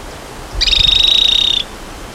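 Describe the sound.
Bird, a single rapid buzzy rattle about one second long, a steady run of fast pulses that stops abruptly.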